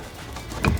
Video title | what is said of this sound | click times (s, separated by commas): Toyota W56 Manual Transmission Rebuild: Complete Reassembly - 4Runner & Pickup 22RE | oh not all the way but most of the way it at least snapped in there | 0.6 s